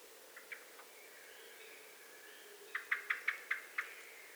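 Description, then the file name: Eurasian blackbird call: a few faint clicks, then a quick clear run of six sharp chink notes. "Turdus merula"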